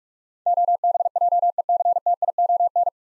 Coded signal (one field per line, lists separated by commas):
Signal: Morse code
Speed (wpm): 46 wpm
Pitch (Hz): 700 Hz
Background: none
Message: OBJECTION